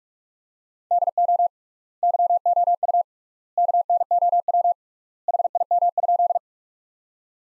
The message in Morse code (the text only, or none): DO YOU KNOW HIM?